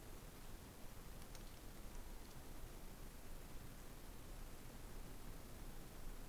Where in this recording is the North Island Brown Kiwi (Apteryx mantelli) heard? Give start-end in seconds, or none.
none